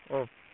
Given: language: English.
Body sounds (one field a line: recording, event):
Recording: throat vibration sensor signal played as sound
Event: speech